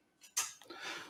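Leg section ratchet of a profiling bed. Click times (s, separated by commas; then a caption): 0.4 s. The leg section ratchet of a profiling bed is worked through its three clicks, and a loud, sharp click at 0.4 s marks the third click, seating the section. A faint tick at 0.6 s follows, along with a soft broadband rustle.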